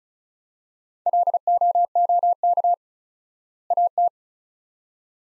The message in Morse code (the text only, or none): LOOK AT